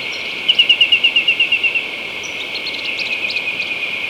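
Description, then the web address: Rufous antpitta giving a quick run of about a dozen whistled notes that fade steadily, followed by softer, scattered notes against a hissing background. Recorded in Ecuador. "Birds of Ecuador 2. Rufous Antpitta"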